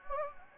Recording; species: mosquito wingbeat signal from an infrared sensor; Anopheles gambiae